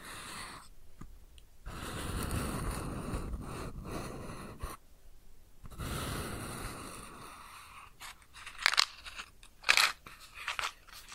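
A match is struck and lit, with crackles and a sizzle as it burns and is put out. Dense bursts of rough, crunchy crackling swell around two to four seconds and again near six, then sharper, brighter snaps and pops break through near nine and ten seconds.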